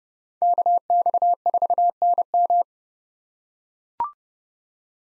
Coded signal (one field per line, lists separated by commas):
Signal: Morse code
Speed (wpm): 30 wpm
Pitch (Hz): 700 Hz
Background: none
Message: KX4NM